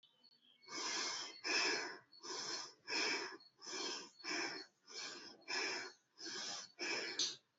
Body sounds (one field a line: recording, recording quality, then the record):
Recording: shallow breathing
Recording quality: excellent, no background noise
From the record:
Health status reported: exposed to COVID-19, no respiratory illness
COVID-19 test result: negative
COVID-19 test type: RT-PCR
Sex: female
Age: 22 years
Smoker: no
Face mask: worn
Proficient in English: yes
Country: India